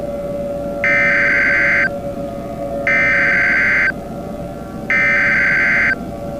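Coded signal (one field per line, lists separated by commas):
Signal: Emergency Alert System (SAME) tones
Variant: header bursts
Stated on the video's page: Fictional analog-horror EAS scenario using valid tones generated by an EAS encoder.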